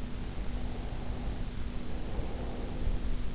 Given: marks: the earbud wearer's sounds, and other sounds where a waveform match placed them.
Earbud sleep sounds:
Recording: sounds in sleep by an in-ear microphone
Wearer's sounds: breath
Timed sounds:
0.13-3.18 s: breath

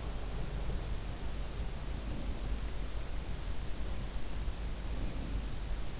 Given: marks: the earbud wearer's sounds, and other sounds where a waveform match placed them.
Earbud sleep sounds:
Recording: sounds in sleep by an in-ear microphone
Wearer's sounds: breath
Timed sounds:
2.00-2.54 s: breath

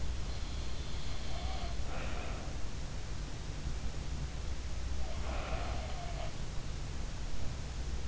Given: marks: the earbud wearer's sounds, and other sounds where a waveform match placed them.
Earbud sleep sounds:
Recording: sounds in sleep by an in-ear microphone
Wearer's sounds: breath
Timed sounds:
0.19-1.74 s: sound from someone else or the room
1.86-2.76 s: breath
5.00-6.41 s: sound from someone else or the room

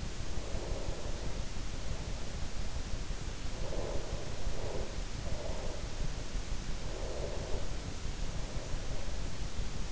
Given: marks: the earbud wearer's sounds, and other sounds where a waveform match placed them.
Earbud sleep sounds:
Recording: sounds in sleep by an in-ear microphone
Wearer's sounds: breath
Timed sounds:
0.00-3.29 s: breath
3.37-6.33 s: breath
6.52-9.89 s: breath

